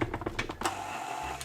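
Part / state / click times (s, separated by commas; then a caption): food processor attachment onto stand mixer hub / not seated / none. A plastic food processor attachment is worked onto a stand mixer hub, trying to line its notch up with the hole, making a quick run of rattling plastic knocks in the first half-second and one more knock near 1.4 s. The attachment has not seated or clicked into place yet.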